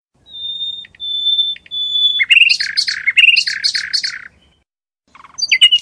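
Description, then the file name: Songbird gives three long level whistles, then a stretch of rich rapid warbled and trilled phrases, a short pause, and a final bright chattering burst. Bird sound used as a phone ringtone. "ptica"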